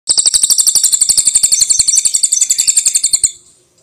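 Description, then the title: Cililin bird singing a rapid, high-pitched trill of rattling notes that runs steadily for roughly three seconds before fading out. "Suara Burung Cililin"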